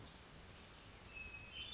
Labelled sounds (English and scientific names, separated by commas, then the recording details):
Hermit Thrush (Catharus guttatus)
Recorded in Sonoma County, California